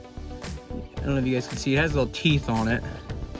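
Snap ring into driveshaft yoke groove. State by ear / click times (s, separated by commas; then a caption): not seated / none. On a 1967 Mustang driveshaft, a steel snap ring is held in snap-ring pliers to be pressed into the groove of the driveshaft yoke to retain a new U-joint cap, while someone talks over music. The ring is only being handled here; nothing has seated or clicked yet.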